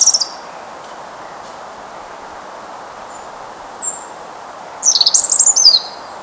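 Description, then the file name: European robin singing: a high note at the start, a thin whistle midway, then a fast jangling high warble rising and falling; soft steady hiss throughout. "Erithacus rubecula"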